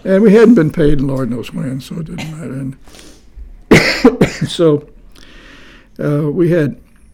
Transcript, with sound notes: and we hadn’t been paid Lord knows when so it didn’t matter and. (coughs) And so, we had,